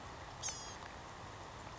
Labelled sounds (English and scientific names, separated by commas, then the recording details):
Blue-gray Gnatcatcher (Polioptila caerulea)
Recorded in Sonoma County, California